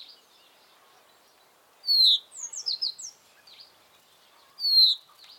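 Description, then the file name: Common chaffinch sounds: a loud downslurred note, then a short descending series of bright chirps, and another loud slurred note near the end. "Fringilla coelebs"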